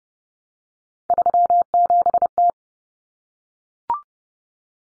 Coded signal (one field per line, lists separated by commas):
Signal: Morse code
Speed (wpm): 30 wpm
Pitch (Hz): 700 Hz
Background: none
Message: 37T